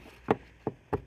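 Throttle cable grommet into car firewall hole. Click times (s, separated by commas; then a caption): 0.3 s, 0.7 s, 0.9 s. A plastic throttle cable grommet in a Volvo 850 R's metal firewall hole is pressed quadrant by quadrant with a long, blunt extension. Three sharp clicks sound at 0.3, 0.7 and 0.9 seconds as the quadrants pop fully into place. The grommet is confirmed seated in the firewall.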